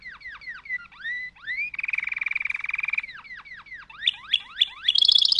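Canary song: quick downward-slurred whistles, then a fast steady trill, more slurred notes, sharp upward sweeps and a high buzzy roll at the end.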